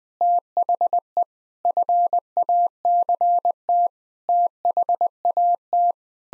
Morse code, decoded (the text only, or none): THE FACT THAT